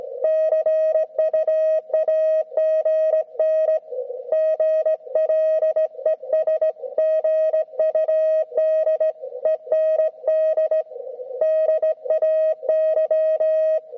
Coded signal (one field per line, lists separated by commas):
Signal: Morse code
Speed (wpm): 17 wpm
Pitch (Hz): 630 Hz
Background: none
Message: CUAGN GL ES GUD END DAY